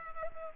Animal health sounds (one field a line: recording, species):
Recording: mosquito wingbeat signal from an infrared sensor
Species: Culex pipiens